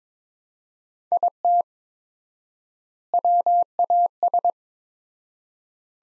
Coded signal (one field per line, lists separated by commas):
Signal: Morse code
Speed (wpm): 22 wpm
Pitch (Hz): 700 Hz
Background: none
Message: IT WAS